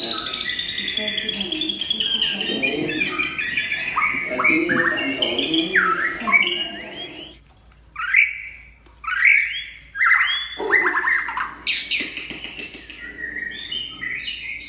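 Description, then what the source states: White-rumped shama song: a dense, noisy jumble of notes, then separate loud whistled phrases and a harsh burst. Champion bird from a singing contest.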